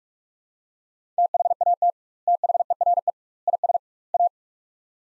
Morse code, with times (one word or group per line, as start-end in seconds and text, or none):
1.2-1.9 THAT
2.3-3.1 THERE
3.5-3.8 IS
4.1-4.3 A